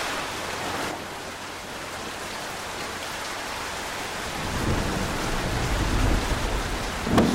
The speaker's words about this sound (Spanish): Ay, tormenta de vuelta. Otra vez se largó.